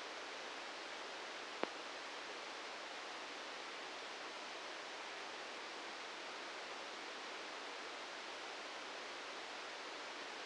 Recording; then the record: brain microelectrode recording played as sound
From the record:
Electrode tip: outside the subthalamic nucleus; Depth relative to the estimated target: -3 mm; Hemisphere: right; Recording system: NeuroSet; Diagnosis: Parkinson's disease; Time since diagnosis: 13 years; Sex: male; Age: 63 years